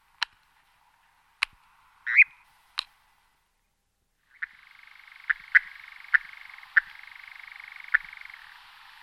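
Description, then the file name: European nightjar: sharp isolated claps or clicks in the first seconds, then a steady mechanical churring reel with faint rapid pulses, punctuated by further sharp clicks. "lelek-lesní"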